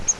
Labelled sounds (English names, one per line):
Grace's Warbler flight call